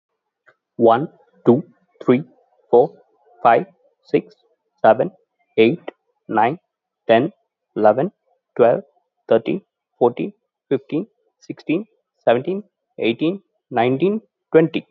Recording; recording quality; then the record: counting at a normal pace; excellent, no background noise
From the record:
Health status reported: healthy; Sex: male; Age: 30 years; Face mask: not worn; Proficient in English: yes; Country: India